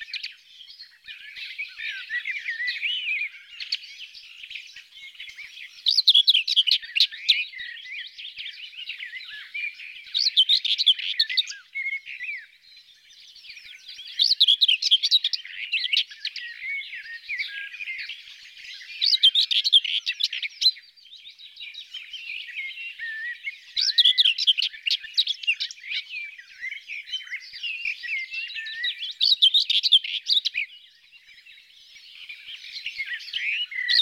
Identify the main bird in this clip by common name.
Common Whitethroat